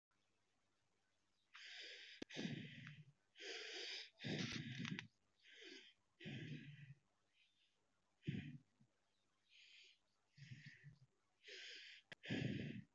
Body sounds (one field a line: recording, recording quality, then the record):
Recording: deep breathing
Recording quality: excellent, no background noise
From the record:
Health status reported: exposed to COVID-19, no respiratory illness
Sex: female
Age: 28 years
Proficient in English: no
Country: India